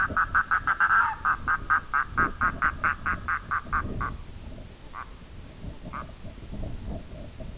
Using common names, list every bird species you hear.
Red-throated Loon